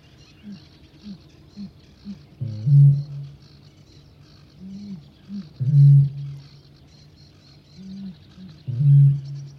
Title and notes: Viikon luontoääni: Kaulushaikara.